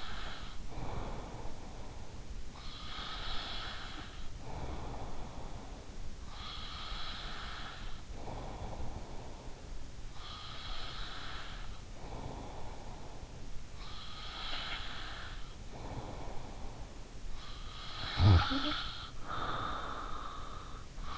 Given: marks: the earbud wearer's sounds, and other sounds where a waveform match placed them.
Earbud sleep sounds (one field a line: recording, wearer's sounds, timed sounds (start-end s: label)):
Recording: sounds in sleep by an in-ear microphone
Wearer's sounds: breath, snoring breath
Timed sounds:
0.00-17.36 s: breath
17.36-21.11 s: snoring breath